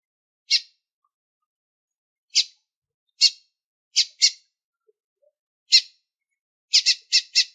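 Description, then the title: Lined seedeater uttering sharp high chips, scattered at first, ending in a fast run of four notes. Female calling persistently to stimulate the male. "Fêmea De Bigodinho Chamando Muito Para Esquentar O Macho!"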